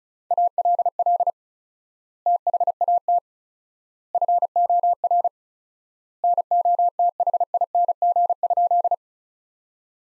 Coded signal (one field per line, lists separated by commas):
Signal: Morse code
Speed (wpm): 34 wpm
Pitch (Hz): 700 Hz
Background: none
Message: ALL THAT FOR NOTHING?